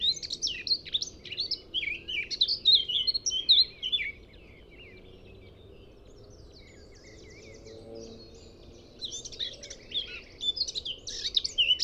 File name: Eurasian Blackcap Sylvia atricapilla